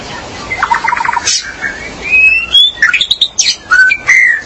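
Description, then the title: Magpie-robin or shama song: a fast stuttered trill opens, followed by long rising whistles and high, bright notes that vary from phrase to phrase. "BM Suara Burung Murai"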